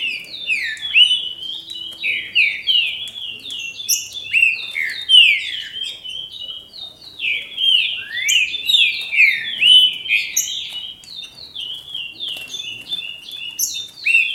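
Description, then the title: Green-winged saltator song: a continuous, rich stream of rapid whistled phrases with frequent falling slurs and occasional higher sharp notes. "Trinca Ferro"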